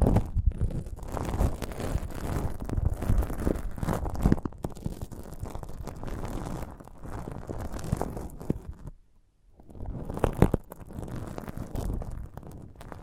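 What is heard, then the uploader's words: Sprouted coconut ASMR made of wet, crunchy mouth and handling sounds packed closely together, with low squelching and soft bursts of crackle. The sounds run steadily for about nine seconds, pause briefly into near silence, then resume with a few sharper crunches. ASMR of a Sprouted Coconut (No Talking).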